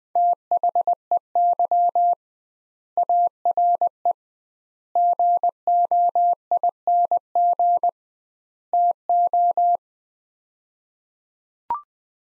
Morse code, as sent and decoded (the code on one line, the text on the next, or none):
- .... . -.-- / .- .-. . / --. --- .. -. --. / - ---
THEY ARE GOING TO